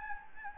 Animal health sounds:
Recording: mosquito wingbeat signal from an infrared sensor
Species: Anopheles gambiae

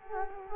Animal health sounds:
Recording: mosquito wingbeat signal from an infrared sensor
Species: Culex quinquefasciatus

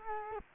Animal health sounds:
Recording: mosquito wingbeat signal from an infrared sensor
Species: Culex quinquefasciatus

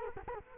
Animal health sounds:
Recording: mosquito wingbeat signal from an infrared sensor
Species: Culex quinquefasciatus

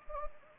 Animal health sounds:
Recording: mosquito wingbeat signal from an infrared sensor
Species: Anopheles gambiae

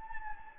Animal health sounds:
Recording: mosquito wingbeat signal from an infrared sensor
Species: Anopheles gambiae

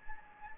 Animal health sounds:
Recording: mosquito wingbeat signal from an infrared sensor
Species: Anopheles gambiae

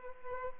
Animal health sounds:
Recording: mosquito wingbeat signal from an infrared sensor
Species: Culex pipiens

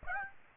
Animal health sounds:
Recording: mosquito wingbeat signal from an infrared sensor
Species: Aedes aegypti

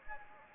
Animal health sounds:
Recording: mosquito wingbeat signal from an infrared sensor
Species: Anopheles gambiae

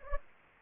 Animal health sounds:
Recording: mosquito wingbeat signal from an infrared sensor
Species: Anopheles gambiae

